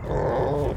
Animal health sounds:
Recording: contact call of a hoofed animal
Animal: wild boar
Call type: grunt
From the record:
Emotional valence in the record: negative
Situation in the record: naturally occurring agonistic interactions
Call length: 0.77 s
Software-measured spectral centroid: 1110 Hz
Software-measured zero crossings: 860 a second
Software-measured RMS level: -24 dBFS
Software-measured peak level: -13 dBFS

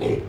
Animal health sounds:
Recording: contact call of a hoofed animal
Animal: pig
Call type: closed-mouth grunt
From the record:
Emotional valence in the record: positive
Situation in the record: food and toys in familiar pen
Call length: 0.29 s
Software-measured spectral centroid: 1430 Hz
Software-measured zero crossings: 960 a second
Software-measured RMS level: -24 dBFS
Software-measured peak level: -12 dBFS

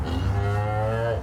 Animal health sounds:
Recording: contact call of a hoofed animal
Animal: cattle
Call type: low-frequency (closed-mouth) or high-frequency (open-mouth) call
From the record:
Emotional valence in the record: negative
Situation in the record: full separation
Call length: 1.23 s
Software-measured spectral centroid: 1470 Hz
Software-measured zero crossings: 930 a second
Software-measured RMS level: -24 dBFS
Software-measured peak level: -14 dBFS

